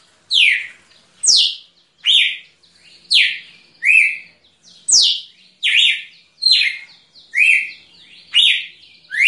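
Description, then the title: Red-cowled cardinal delivering a long steady run of loud rising and falling slurred whistles, with soft twittering notes filling the gaps. Female singing. "Canto Galo Campina Fêmea. Galo de Campina"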